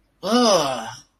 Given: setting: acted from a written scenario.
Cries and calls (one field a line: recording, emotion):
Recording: vocal sound without words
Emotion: disgust